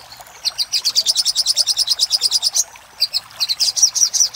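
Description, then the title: Little spiderhunter song: a sustained fast run of high, sharp notes, a brief break, then another quick series. Master song used for training cage birds, labelled 'Labaik'. "Masteran Burung Sogok Ontong Labaik"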